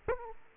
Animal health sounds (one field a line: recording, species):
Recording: mosquito wingbeat signal from an infrared sensor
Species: Aedes aegypti